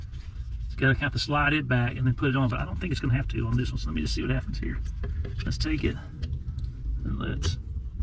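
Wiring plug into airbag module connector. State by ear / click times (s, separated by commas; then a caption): not seated / none. Someone talks while handling a wiring plug with a gray sliding lock, getting ready to push it onto the airbag module connector while refitting the airbag module in a 1999 Ford F150. Faint handling sounds come through around 6.2 and 6.6 seconds. The plug has not seated or clicked in yet.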